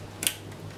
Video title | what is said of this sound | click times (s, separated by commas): PC-Build Series: How to Build a Computer: Part 7 Wiring everything up | I'm going to do it this way anyway and that should click in | 0.3 s